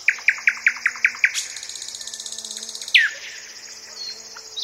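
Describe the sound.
Thrush nightingale song: a rapid series of about seven sharp clicking notes, a buzzy rattling trill, then a loud descending whistle and a high thin tone.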